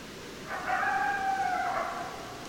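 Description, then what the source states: A coyote howls one smooth, sustained tone for about one and a half seconds, fading out over a faint constant hiss. Several coyotes, recorded 10 December 2012.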